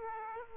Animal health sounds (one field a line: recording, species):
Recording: mosquito wingbeat signal from an infrared sensor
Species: Aedes aegypti